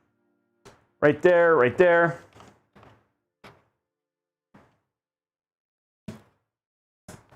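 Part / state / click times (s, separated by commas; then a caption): memory module into motherboard DIMM slot / seated / 6.1 s, 7.1 s. A second memory stick is pushed into its DIMM slot on a motherboard while someone talks. Its latch clicks at 6.1 s and 7.1 s, and it seats, though the click is weaker and not nearly as good as the first stick's.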